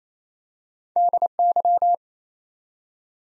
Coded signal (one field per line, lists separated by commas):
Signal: Morse code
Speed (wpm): 28 wpm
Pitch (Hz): 700 Hz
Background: none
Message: DY